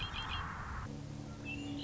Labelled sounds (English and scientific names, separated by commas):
Red-winged Blackbird (Agelaius phoeniceus)